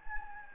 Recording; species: mosquito wingbeat signal from an infrared sensor; Anopheles gambiae